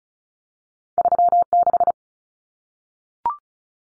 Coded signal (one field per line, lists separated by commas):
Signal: Morse code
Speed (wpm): 34 wpm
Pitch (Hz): 700 Hz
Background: none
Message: 36